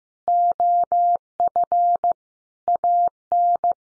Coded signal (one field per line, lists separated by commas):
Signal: Morse code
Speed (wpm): 15 wpm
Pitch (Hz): 700 Hz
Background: none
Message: OF AN